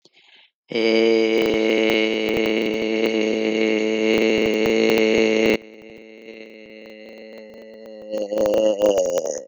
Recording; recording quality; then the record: sustained vowel as in made; poor, much background noise or distortion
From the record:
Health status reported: healthy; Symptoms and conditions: diabetes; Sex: male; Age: 45 years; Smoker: not ticked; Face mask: not worn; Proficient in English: yes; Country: India